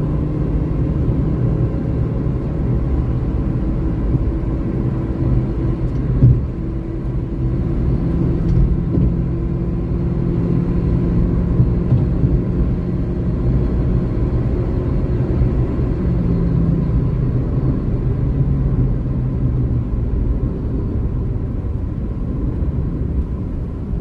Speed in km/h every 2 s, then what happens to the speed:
119, 123, 125, 128, 131, 134, 137, 138, 110, 88, 76, 60.
0-14 speeds up to 138. 14-24 brakes to 60.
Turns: none.